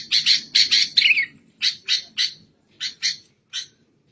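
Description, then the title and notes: Songbird song: a fast cluster of harsh chattering notes, then several spaced single rasping notes. Training song for captive songbirds to learn from. "MASTERAN BURUNG. suarane manok"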